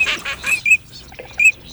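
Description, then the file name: Eurasian teal giving a few short, clear whistled calls, with rougher, noisy bursts at the start. Recorded in Russia. "RU Чирок-свистунок Alzavola"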